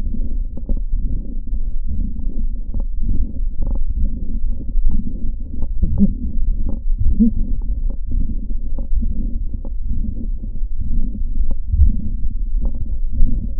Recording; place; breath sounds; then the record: lung sounds by stethoscope; left posterior lower chest; crackles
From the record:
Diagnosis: heart failure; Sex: male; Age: 55 years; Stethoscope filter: diaphragm mode, 100 to 500 Hz